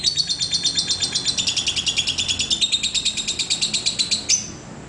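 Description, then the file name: Lovebird singing a fast run of high, scratchy chirps, about seven per second, ending in a brief squeak. "audio lovebird putri mentaya"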